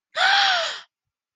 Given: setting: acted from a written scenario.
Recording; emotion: vocal sound without words; elation